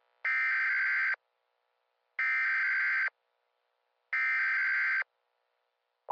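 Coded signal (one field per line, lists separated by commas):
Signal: Emergency Alert System (SAME) tones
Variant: header bursts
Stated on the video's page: Fictional mock EAS alert, not meant to be taken seriously.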